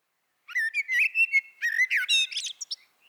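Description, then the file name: Common blackbird singing one continuous phrase of mellow, slightly wavering whistles that breaks into a rapid, high, scratchy twitter at the end. "Turdus merula"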